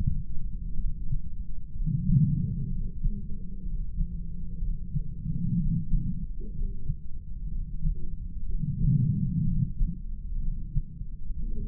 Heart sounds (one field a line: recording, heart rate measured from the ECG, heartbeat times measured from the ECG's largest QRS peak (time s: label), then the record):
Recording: heart sounds by stethoscope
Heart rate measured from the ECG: 62 bpm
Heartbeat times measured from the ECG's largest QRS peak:
0.77 s: heartbeat
1.73 s: heartbeat
2.70 s: heartbeat
3.64 s: heartbeat
4.61 s: heartbeat
5.58 s: heartbeat
6.53 s: heartbeat
7.50 s: heartbeat
8.48 s: heartbeat
9.45 s: heartbeat
10.41 s: heartbeat
11.37 s: heartbeat
From the record:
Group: heart failure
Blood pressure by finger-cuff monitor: 81/62 mmHg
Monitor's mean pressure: 69 mmHg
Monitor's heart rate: 62 bpm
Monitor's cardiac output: 5.1 L/min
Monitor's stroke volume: 81 mL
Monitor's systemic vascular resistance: 940 dyn s/cm5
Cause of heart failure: non-ischemic cardiomyopathy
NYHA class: 1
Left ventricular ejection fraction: 25%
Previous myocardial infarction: absent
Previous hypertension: absent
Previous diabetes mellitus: absent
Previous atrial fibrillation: present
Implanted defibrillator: absent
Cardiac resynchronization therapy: absent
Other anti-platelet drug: absent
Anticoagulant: apixaban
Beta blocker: bisoprolol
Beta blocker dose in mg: 7.5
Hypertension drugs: sacubitril-valsartan, spironolactone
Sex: male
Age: 48 years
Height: 183 cm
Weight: 96 kg